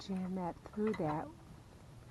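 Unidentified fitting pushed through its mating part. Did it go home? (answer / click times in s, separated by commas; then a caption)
no / none. Someone talks while an unidentified fitting is handled to be jammed through its mating part, with only voice heard over a quiet background. Nothing has seated or clicked yet; the part is not yet home.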